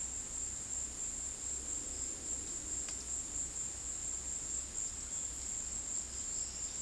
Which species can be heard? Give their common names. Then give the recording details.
none. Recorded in dense forest near Puerto Asís, Putumayo, Colombia, on 19 February 2024 at 15:30. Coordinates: 0.481, -76.318. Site G6421